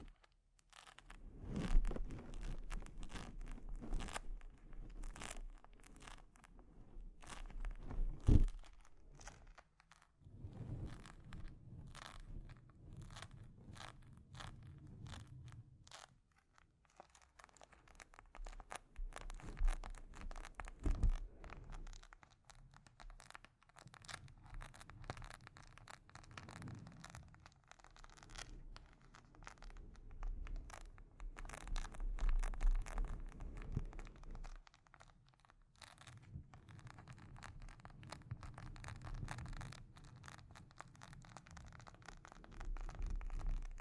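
Delicate scratching and tapping on a microphone, a dense run of short crackly strokes and soft taps throughout the 44 seconds. Brief quieter gaps fall near 16 and 35 seconds, and a few sharper taps stand out around 8 and 21 seconds over a low rumbling undertone.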